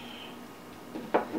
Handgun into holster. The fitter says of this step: snaps right in